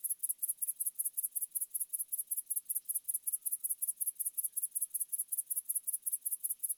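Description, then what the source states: Grasshopper stridulation: sharp, high rasping pulses in a steady rhythm, with no other sounds. In a neighbour's tree.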